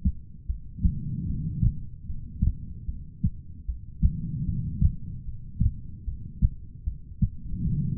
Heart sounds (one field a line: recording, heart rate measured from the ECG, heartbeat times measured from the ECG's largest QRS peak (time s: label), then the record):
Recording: heart sounds by stethoscope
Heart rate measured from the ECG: 75 bpm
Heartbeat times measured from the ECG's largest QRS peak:
0.46 s: heartbeat
1.26 s: heartbeat
2.06 s: heartbeat
2.86 s: heartbeat
3.65 s: heartbeat
4.45 s: heartbeat
5.25 s: heartbeat
6.04 s: heartbeat
6.84 s: heartbeat
7.64 s: heartbeat
From the record:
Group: heart failure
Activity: rest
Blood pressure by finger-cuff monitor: 94/64 mmHg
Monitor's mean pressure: 76 mmHg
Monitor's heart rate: 75 bpm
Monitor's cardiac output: 4.8 L/min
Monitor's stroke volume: 64 mL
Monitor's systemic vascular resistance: 1140 dyn s/cm5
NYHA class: 2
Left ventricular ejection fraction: 58%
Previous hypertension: present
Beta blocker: bisoprolol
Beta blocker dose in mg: 5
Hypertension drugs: ramipril, spironolactone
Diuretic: furosemide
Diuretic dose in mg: 160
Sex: female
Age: 55 years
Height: 155 cm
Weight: 67 kg